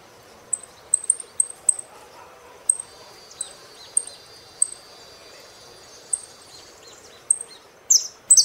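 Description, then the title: Saffron finch giving sharp high chirps, some in quick pairs, irregularly spaced, ending with a louder burst of notes. "Jilguero Argentino"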